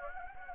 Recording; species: mosquito wingbeat signal from an infrared sensor; Anopheles gambiae